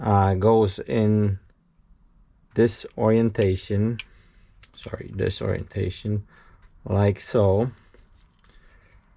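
Someone talks while handling a fuel metering valve, lining it up in the right orientation to go into the CP4 diesel high-pressure fuel pump of a BMW X5 N57 engine, with a few faint handling ticks near the end. Nothing has seated or clicked yet.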